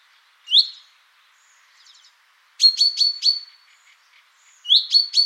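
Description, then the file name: Common chaffinch calls: a single rising high note, then two quick clusters of sharp, ringing chips with a short pause between them. "Fringilla coelebs"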